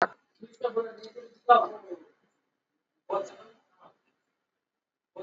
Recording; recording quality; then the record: shallow breathing; poor, much background noise or distortion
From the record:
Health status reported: exposed to COVID-19, no respiratory illness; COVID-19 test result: not tested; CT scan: not taken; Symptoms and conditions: none ticked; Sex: male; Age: 30 years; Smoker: no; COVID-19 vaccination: both doses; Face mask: worn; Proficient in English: yes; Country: India